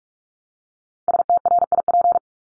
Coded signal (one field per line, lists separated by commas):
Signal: Morse code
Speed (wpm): 44 wpm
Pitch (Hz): 700 Hz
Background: none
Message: STRIP